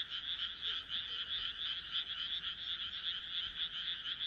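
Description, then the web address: Frog chorus heard as a continuous, buzzing wash of overlapping croaks with a gentle rise and fall in loudness. "kaeru kaeru"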